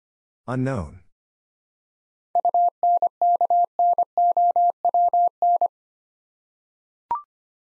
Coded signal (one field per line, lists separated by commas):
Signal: Morse code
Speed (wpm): 25 wpm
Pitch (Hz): 700 Hz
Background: none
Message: UNKNOWN